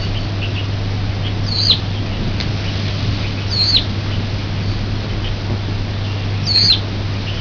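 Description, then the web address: Bird calls: three sharp, high, hooked notes, each flicking up then sliding down, spaced two to three seconds apart over a steady low hum. "birdcall Ybprini"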